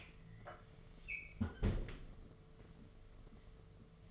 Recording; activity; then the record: daily activity, microphone in the room; close fridge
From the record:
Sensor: 4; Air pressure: 1015.8 hPa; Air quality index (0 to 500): 191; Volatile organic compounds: 10 ppm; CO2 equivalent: 2202 ppm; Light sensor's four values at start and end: 8/18/7/7 and 11/25/10/10